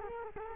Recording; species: mosquito wingbeat signal from an infrared sensor; Culex quinquefasciatus